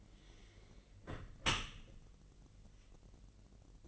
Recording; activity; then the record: daily activity, microphone in the room; close dishwasher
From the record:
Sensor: 4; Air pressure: 1001.3 hPa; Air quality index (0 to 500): 248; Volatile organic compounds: 45 ppm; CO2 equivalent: 3226 ppm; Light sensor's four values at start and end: 8/18/7/6 and 8/17/7/6